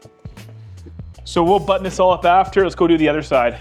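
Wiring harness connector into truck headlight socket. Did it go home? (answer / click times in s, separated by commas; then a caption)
yes / 1.0 s. A plastic headlight wiring harness connector is plugged back into the back of the headlight on a Ford F-150 Tremor truck, giving a sharp click at 1.0 s as it seats. After a brief pause, someone talks over music playing in the background.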